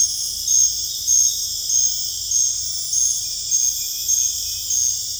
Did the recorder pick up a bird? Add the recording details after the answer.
no. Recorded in dense forest near Puerto Asís, Putumayo, Colombia, on 18 December 2024 at 21:00. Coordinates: 0.484, -76.325. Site G056